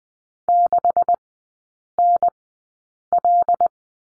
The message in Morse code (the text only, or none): 6NL